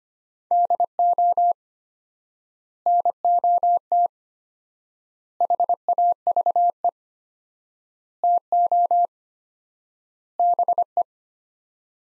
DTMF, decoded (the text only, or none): none